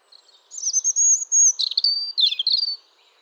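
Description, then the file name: European robin song: a high, thin warbling phrase of sliding whistles and quick twittery notes, ending in a sustained high tone, on a quiet background. "Erithacus rubecula"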